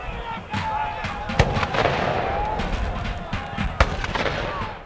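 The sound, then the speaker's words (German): Cannon fire at a reenactment of the Battle of Friedland in June 2007: two sharp, loud booms about two seconds apart cut through a steady, noisy rumble of background commotion, each blast followed by a brief lingering roar. “Kanonendonner und Pulverdampf.”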